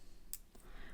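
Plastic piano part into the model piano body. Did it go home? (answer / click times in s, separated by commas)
yes / 0.3 s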